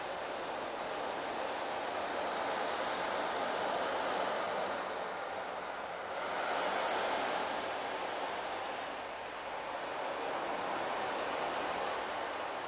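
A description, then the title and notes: An ocean drum rolls its beads in a continuous, dense hiss like surf washing over sand. The wash holds fairly steady, easing around six seconds and again near nine, then swelling back each time in slow, wave-like surges. His skillful, steady hands mimic the muted nuances of waves crashing on a distant beach. The drum subtly revealed though the tiny balls hitting the wooden frame.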